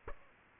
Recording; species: mosquito wingbeat signal from an infrared sensor; Aedes aegypti